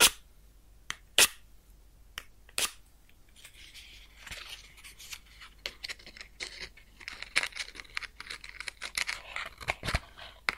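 A match is handled close up: a few sharp, bright snaps and strikes punctuate the first three seconds. After that, a dense, crackling sizzle fills in and grows busier, peppered with quick pops, with one louder crack near the ten-second mark.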